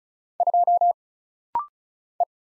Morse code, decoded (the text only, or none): 2 E